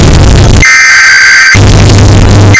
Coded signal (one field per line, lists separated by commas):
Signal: Emergency Alert System (SAME) tones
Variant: header bursts